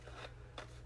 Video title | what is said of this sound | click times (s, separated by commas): Parcels & Petals Gift Box Video Tutorial | did you see it and hear it click and then you stick that back together okay | 0.6 s